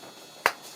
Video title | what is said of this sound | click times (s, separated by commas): 2010 Kia Soul Spark Plug Replacement | Then just push it and you can hear a click. There you go. | 0.5 s